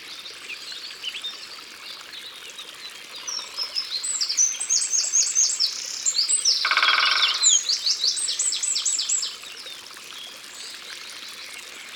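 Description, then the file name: Great spotted woodpecker giving one brief rapid drum roll midway, set against many high, chattering and trilling songbird notes. Recorded in Ardèche, France. "Pic Epeiche Concerts Naturels De l Ardeche"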